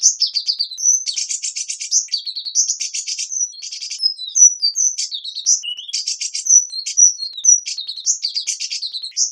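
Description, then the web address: Hummingbird giving a high, scratchy song that alternates thin whistled slurs with several harsh buzzy bursts, repeated every second or two. "singing hummingbirds"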